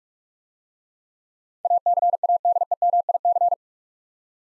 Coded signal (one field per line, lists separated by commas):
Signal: Morse code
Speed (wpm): 44 wpm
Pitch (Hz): 700 Hz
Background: none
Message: ACADEMIC